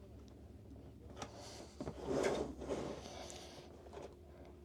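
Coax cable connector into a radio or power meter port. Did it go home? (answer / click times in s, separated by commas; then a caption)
no / none. A snap-type coax cable connector is handled on a workbench as it is fitted toward a radio or power meter port, with its rubber boot needing to be pushed back so the snap can engage. Soft scraping and handling noise is heard, with a brief sharp tap at 1.2 s and a louder rustling swell around 2.0–2.8 s. Nothing has seated or clicked into place yet.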